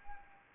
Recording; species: mosquito wingbeat signal from an infrared sensor; Anopheles arabiensis